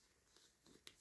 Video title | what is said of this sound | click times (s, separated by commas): 1814. EDC Discreet Carry Laptop Backpack Blend in Greyman Law Enforcement Tactical Tacticool | see if I can get this right. There you go. When you hear that click, it's basically magnetically on there. | 0.9 s